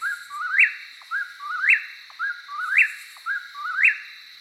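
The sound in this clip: Eastern Whip-poor-will repeating its whistled three-part phrase, rising sharply at the end, about once a second, four times in steady rhythm.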